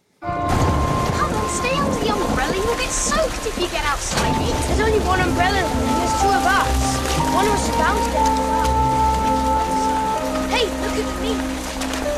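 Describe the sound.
Heavy rain pours down in a dense, steady hiss that fills the whole stretch, with faint tonal sounds and murmuring voices drifting over the downpour.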